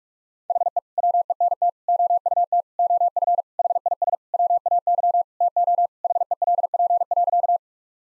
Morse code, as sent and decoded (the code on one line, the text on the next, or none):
.... . / .-- . -. - / --- ..- - / --- ..-. / .... .. ... / .-- .- -.-- / - --- / .... . .-.. .--. .-.-.-
HE WENT OUT OF HIS WAY TO HELP.